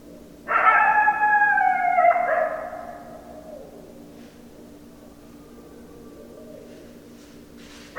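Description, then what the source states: Coyote sounding one strong howl that slides lower and breaks into a second note, followed by a faint thin wavering tone in the quiet. 10 December 2012.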